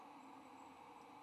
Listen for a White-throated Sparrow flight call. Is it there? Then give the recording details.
no. No flight call is heard. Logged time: 04:35 on 15 November 2014